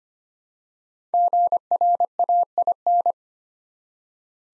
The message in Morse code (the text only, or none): GRAIN